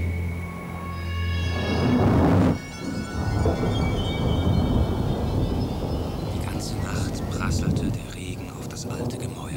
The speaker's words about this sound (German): Donner grollte fortwährend.